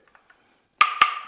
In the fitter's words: okay so the handle clicked indicating it's been fully tightened now you notice here on the underside